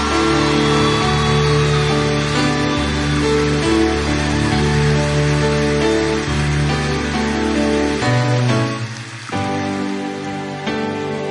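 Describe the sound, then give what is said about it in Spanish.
A crowd bursts into loud, steady applause, a dense wash of clapping that holds strong over music playing underneath, then thins out slightly near the end. “Los aplausos para mis pichonas, bien fuerte.”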